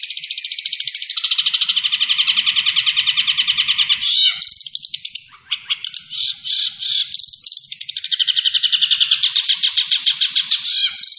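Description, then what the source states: Long-tailed shrike song, fast rattling trills and scratchy chatter, broken midway by a jumble of sharp notes before the rapid trilling resumes. Singing actively in full voice.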